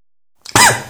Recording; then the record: coughing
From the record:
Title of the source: Mid-morning Winter Coughing Fit